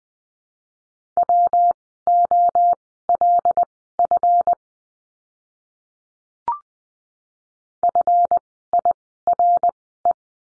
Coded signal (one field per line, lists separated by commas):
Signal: Morse code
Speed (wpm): 20 wpm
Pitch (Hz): 700 Hz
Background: none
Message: WOLF FIRE